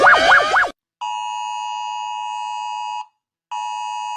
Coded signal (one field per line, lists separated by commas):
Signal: Emergency Alert System (SAME) tones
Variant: 853 and 960 Hz attention tone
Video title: Rating EAS Alarms! | Gacha club | Original Trend? | 🌸 | (READ DESC)